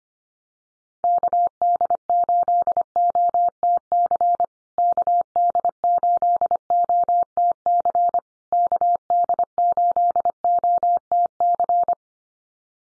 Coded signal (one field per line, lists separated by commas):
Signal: Morse code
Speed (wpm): 25 wpm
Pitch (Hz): 700 Hz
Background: none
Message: KD8OTC KD8OTC KD8OTC